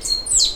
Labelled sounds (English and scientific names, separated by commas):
Stitchbird (Notiomystis cincta) song